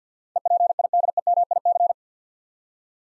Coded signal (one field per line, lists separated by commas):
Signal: Morse code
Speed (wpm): 49 wpm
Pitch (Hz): 700 Hz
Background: none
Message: EPIDEMIC